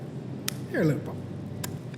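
A chef pries the lid off a metal caviar tin, and it pops open with a sharp, brief pop at 0.5 s. Someone talks over a low room hum, and fainter ticks follow at 1.6 s and 1.9 s.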